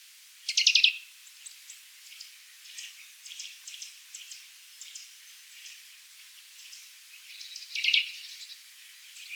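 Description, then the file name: Eurasian nuthatch giving two quick bursts of high, ringing notes several seconds apart, with faint softer notes in between. "Sitta europaea"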